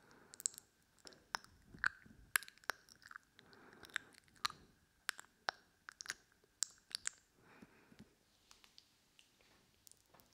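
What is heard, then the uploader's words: Wet mouth sounds crackle in quick, irregular bursts of sharp clicks and smacks across the whole ten seconds. The snaps are bright and crisp, with a faint sticky hiss between them, and they thin out briefly near the eighth second. ASMR Pure Wet Mouth Sounds.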